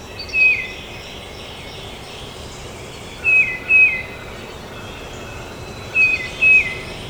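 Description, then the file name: Tufted titmouse song: a lone whistle, then two phrases of paired downslurred whistles spaced about three seconds apart, over steady background noise. Recorded at Trempealeau on 12 May 2018. "2018-05-12 TUTI-Trempealeau"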